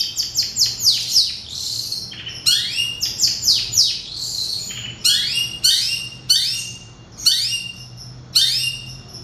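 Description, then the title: Oriental magpie-robin song: loud, varied whistled phrases of sharp descending sweeps and quick chirps in bursts, with brief pauses between phrases. Singing (kicau). "Kicau Kacer"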